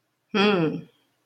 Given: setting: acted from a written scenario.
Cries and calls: vocal sound without words; romantic love

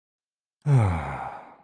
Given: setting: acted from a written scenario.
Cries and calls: vocal sound without words; contentment

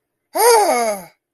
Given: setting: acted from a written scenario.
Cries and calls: vocal sound without words; fear

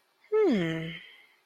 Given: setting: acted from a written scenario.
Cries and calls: vocal sound without words; romantic love

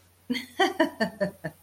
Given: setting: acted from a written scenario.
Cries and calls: vocal sound without words; amusement

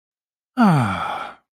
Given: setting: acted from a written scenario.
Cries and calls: vocal sound without words; contentment

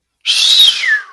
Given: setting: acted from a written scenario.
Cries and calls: vocal sound without words; relief

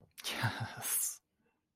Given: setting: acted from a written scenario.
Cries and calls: vocal sound without words; pride

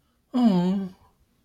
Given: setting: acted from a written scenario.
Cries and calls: vocal sound without words; sympathy

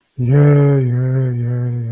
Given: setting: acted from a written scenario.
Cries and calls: vocal sound without words; neutral

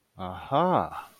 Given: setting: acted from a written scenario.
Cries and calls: vocal sound without words; realization

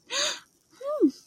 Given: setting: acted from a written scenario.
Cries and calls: vocal sound without words; triumph

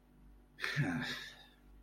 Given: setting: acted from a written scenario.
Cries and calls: vocal sound without words; disappointment

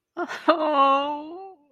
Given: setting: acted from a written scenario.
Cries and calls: vocal sound without words; sadness

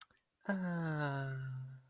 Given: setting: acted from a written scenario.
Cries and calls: vocal sound without words; romantic love

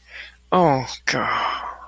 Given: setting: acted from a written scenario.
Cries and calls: vocal sound without words; guilt

